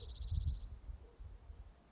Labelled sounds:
Spotted Towhee
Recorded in Sonoma County, California

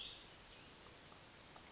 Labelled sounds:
Cassin's Vireo
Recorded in Sonoma County, California

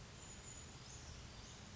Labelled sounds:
Brown Creeper
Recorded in Sonoma County, California

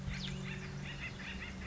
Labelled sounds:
Acorn Woodpecker
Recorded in Sonoma County, California

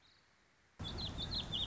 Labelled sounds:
Warbling Vireo
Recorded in Sonoma County, California

